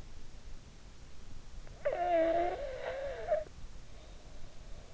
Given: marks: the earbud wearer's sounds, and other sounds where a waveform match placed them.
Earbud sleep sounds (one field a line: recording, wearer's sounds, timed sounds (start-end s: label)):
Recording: sounds in sleep by an in-ear microphone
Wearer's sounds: snoring breath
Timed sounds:
1.54-3.64 s: snoring breath